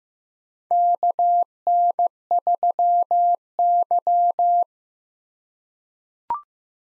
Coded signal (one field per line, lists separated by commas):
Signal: Morse code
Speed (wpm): 15 wpm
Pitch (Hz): 700 Hz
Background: none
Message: KN3Y